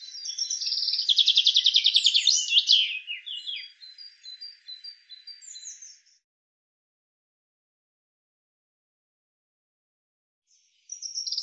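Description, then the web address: Common chaffinch song: a rapid descending trill ending in a flourish, followed by a few scattered high notes, a long silence, then the start of another phrase. "Deverinetal 2025 File cleaned normalized Bird Fr Co"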